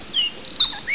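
Bird chirps: short whistled slurred notes, some falling and some rising, in quick succession.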